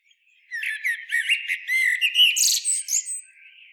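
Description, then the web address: Common blackbird with one song phrase, a run of low liquid whistles leading into high, squeaky chatter and a thin trailing note. "SETE data Turdus merula"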